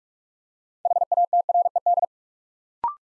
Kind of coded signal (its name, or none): Morse code